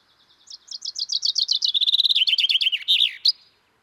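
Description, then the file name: Common chaffinch song: soft notes build into a rapid cascade that slides lower, then break into a quick terminal flourish with a final sharp note. "Fringilla coelebs"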